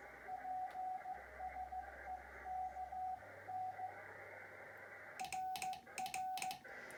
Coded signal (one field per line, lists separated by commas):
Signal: Morse code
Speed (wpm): 15 wpm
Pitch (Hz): 750 Hz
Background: radio noise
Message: PSE KN RR